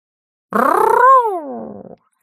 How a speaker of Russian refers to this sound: Его рев оглушительным вихрем пронесся по долине, разбившись о несокрушимые стены Лаордена.